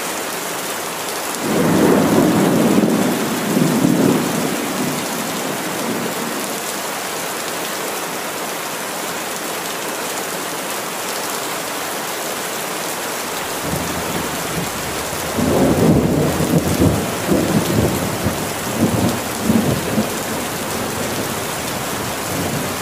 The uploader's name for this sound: Rainy Day